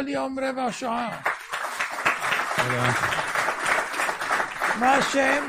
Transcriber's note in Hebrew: מחיאות כפים